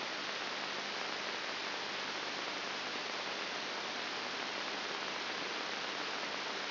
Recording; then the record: brain microelectrode recording played as sound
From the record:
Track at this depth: outside the subthalamic nucleus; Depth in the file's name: 6.7 mm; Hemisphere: right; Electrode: 3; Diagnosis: Parkinson's disease